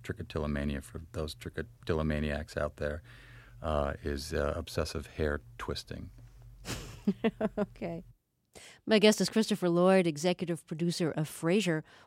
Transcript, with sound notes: And trichotillomania, for those trichotillomaniacs out there, is obsessive hair-twisting.
(laughs) OK.
My guest is Christopher Lloyd, executive producer of "Frasier."